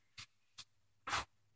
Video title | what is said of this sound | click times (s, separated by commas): Curly perm | and you'll hear a snap. | 1.1 s